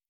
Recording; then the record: hydrophone in a shrimp aquaculture tank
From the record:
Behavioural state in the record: normal